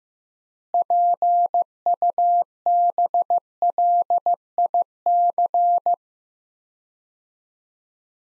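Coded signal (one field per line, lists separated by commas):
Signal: Morse code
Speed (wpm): 15 wpm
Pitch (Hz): 700 Hz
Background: none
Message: PUBLIC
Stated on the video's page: Morse practice drill, sets of two words at 15 wpm with 3x word spacing, Farnsworth-like method.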